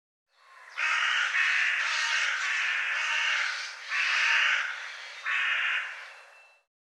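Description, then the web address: Bird calls, a run of loud harsh drawn-out squawks, several in close succession, then two shorter separate blasts. "cianscape birddata Deverinetal 2025 File cleaned normalized Bird"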